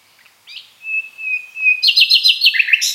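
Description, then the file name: Common nightingale song phrase: a soft swelling whistled note held steadily, then a rapid run of loud repeated chopped notes. "Luscinia megarhynchos"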